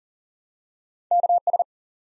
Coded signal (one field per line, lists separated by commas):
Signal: Morse code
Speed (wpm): 42 wpm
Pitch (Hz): 700 Hz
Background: none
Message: KS